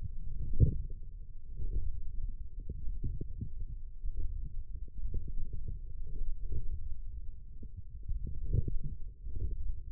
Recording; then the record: forearm muscle sounds (acoustic myography)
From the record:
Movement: forearm supination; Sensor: system 1, eight BSWA MPA416 microphones around the upper forearm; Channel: 2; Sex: male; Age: 20 years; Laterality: left